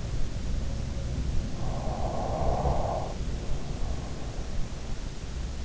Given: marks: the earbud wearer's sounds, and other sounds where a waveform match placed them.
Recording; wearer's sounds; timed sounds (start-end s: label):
sounds in sleep by an in-ear microphone; snoring breath
1.12-3.84 s: snoring breath